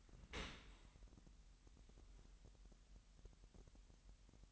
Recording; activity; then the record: daily activity, microphone in the room; open dishwasher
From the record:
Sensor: 3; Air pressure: 998.2 hPa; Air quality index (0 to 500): 152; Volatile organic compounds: 5 ppm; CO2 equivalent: 1816 ppm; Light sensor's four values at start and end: 13/38/15/14 and 13/38/15/14